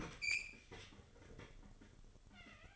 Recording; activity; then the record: daily activity, microphone in the room; open fridge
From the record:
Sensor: 4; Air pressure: 1008.6 hPa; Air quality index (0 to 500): 74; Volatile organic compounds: 1 ppm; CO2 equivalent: 629 ppm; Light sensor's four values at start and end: 13/29/12/12 and 11/24/10/10